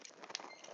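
The tab on the second leg of a plastic transforming robot toy is pulled over with a faint rustle of handling. A sharp click at 0.4 s (0.35 s) marks the tab snapping into place, and the tab is seated.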